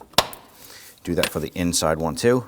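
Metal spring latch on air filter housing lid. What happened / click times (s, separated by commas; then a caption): A metal latch snapped shut / 0.2 s. On a 2013–2019 Ford Police Interceptor Utility with the 3.7L V6, the air filter housing lid is pushed down and its metal spring lock tab is snapped closed. A sharp snap at 0.2 s shows the latch seated shut. Someone then talks.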